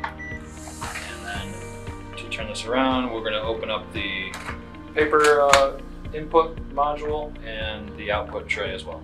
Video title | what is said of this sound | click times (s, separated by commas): Connecting your EPSON DS-32000 Series Scanner | lift this back latch rotate it down until it clicks into place | 0.0 s